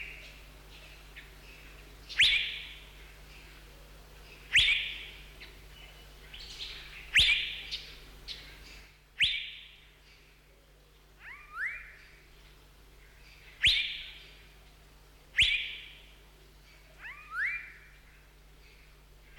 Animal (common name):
Asian Fairy-bluebird